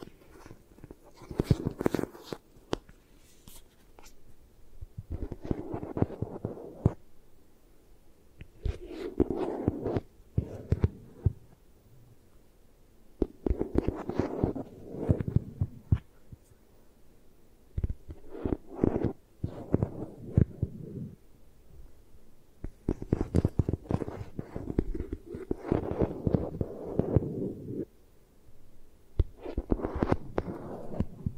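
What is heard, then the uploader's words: Eye massage sounds come in soft, muffled bursts of rubbing and pressing, each lasting a second or two, with brief quiet gaps between them. Dull low thumps and scattered crisp clicks and taps run through each burst, repeating every few seconds. 3D Eye Massage.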